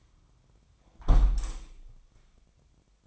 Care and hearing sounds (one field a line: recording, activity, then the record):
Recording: daily activity, microphone in the room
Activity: close window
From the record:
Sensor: 1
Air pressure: 1006.6 hPa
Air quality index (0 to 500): 209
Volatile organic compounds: 24 ppm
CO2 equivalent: 2815 ppm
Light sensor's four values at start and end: 12/32/12/14 and 12/31/12/14